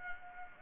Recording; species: mosquito wingbeat signal from an infrared sensor; Culex pipiens